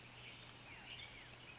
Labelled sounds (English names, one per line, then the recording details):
Western Tanager
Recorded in Sonoma County, California